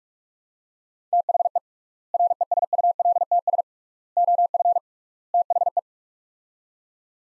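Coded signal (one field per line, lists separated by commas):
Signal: Morse code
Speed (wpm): 48 wpm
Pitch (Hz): 700 Hz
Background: none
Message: THE RESULTS OF THE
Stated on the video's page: Morse practice of four-word sets at 45 wpm with 3x word spacing, similar to Farnsworth, for head-copy.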